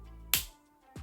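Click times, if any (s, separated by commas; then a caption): 0.3 s. A plastic cap is pressed onto a brown liquid eyeliner pen and snaps shut with a short, sharp click at 0.3 seconds, followed by a fainter tap near 1.0 seconds. The cap seats properly, and the click must be heard, otherwise the cap is not fully closed.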